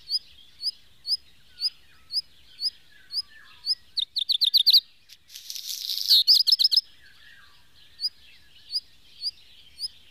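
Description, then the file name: Black redstart song: a dry rattling series of notes, then a grating, crackly passage and a final rattle, with short high chirps ticking regularly before and after. "hazirozsdafarku"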